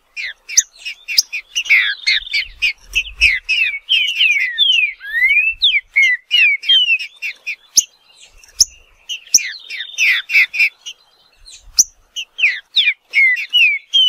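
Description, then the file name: Green-winged saltator song of quick chirps and sweeping whistled slurs in bursts, pausing briefly before resuming with the same rapid pattern. "canto do trinca ferro"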